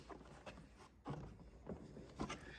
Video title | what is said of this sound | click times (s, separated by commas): $299 Home Depot Storm Trooper Unboxing | and there we go so it's snapped in place | 2.3 s